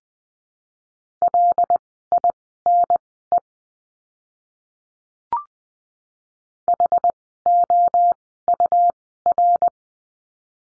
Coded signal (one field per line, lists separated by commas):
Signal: Morse code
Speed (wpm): 20 wpm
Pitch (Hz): 700 Hz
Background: none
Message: LINE HOUR